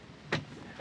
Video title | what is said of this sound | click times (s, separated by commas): Air Assisted Seat Riser for Yamaha JetBoats - Easy DIY Install | You hear that little click. | 0.3 s